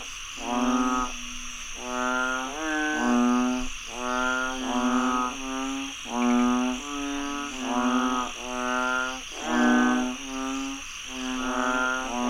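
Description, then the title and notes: Frog chorus of nasal, harmonic croaks in near-continuous bouts with short breaks, over a steady high-pitched background drone. Frogs croaking after heavy rainfall in Chiang Mai, Thailand. "Frogs croaking after heavy rainfall in Chiang Mai, Thailand. Alex Boyesen"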